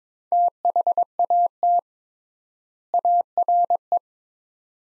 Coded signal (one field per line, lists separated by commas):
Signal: Morse code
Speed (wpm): 22 wpm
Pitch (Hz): 700 Hz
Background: none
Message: THAT ARE